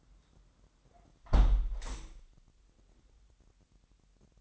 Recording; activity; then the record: daily activity, microphone in the room; close window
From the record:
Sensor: 3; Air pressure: 998.6 hPa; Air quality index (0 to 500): 151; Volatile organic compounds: 5 ppm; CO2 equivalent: 1817 ppm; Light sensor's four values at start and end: 11/26/11/12 and 11/26/11/12